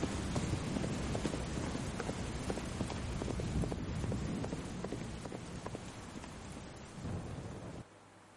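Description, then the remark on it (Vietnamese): Rapid, rhythmic hoofbeats of the horse Hắc công tử galloping at night along a muddy road pound through a dense wash of heavy rain and storm rumble, loud and steady before easing and cutting off abruptly near the end. “Không cần roi vọt, nó tự giác phóng điên cuồng, bất chấp đêm mưa gió tăm tối có thể va vào chướng ngại, bất chấp đường lầy lội dễ trượt ngã gãy xương.”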